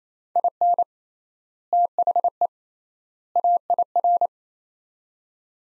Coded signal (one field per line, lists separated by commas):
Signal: Morse code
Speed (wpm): 28 wpm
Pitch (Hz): 700 Hz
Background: none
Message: IN THE AIR